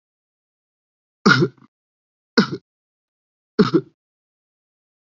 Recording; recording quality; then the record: heavy voluntary cough; excellent, no background noise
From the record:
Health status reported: COVID-19 positive, mild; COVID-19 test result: positive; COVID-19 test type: RT-PCR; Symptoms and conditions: sore throat, fever, fatigue, muscle pain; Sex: male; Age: 23 years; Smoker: no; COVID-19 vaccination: both doses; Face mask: not worn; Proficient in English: yes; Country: India